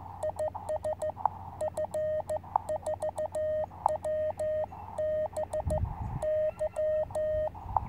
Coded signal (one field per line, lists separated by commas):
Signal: Morse code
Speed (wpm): 14 wpm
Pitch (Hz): 620 Hz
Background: none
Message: IS F4WBY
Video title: Sunny Afternoon QRP Radio on 30m With 2W & 17ft Antenna.